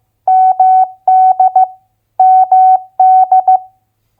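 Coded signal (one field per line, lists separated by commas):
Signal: Morse code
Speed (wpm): 15 wpm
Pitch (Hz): 750 Hz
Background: none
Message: MD MD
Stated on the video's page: Morse head-copy drill of US state abbreviations at 15 wpm.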